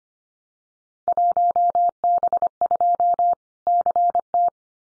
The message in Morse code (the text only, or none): 1B2 CT